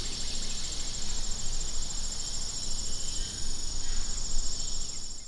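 Cicada song: a steady high shimmering buzz without breaks, with low rumbling noise underneath throughout.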